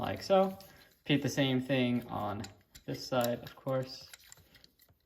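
Someone talks while handling a plastic panel on the second side of a transforming action figure, lining it up with a slot in the figure's body, with light plastic handling taps under the voice. The panel is meant to be pushed until it clicks in nice and solid, but nothing has seated or clicked yet by the end of the clip.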